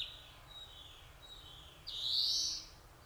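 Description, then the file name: European greenfinch producing one long nasal wheeze near the end, preceded by faint thin notes. "Chloris chloris"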